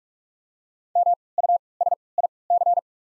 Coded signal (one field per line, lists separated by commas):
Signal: Morse code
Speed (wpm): 46 wpm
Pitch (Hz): 700 Hz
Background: none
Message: M U S I C